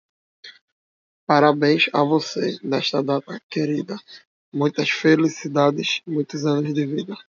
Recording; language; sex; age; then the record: short text; Brazilian Portuguese; male; 20 to 29 years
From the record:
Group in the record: control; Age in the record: 24 years